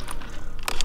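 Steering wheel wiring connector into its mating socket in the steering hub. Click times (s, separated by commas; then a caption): 0.7 s. A wiring harness connector is pushed into its mating socket at the bottom side of the steering wheel hub on an aftermarket DYNAPERFORMANCE LED carbon fiber steering wheel. Brief crackling handling noises lead to a sharp, bright click at 0.7 s, followed by another quick snap. The connector is seated.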